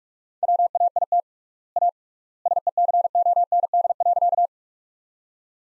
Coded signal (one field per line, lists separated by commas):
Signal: Morse code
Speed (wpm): 42 wpm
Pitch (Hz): 700 Hz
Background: none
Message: WAIT A SECOND.